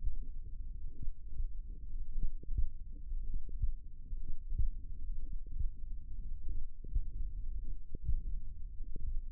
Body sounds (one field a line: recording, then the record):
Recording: forearm muscle sounds (acoustic myography)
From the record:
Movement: finger pinch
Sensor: system 1, eight BSWA MPA416 microphones around the upper forearm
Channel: 8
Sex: male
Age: 23 years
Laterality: right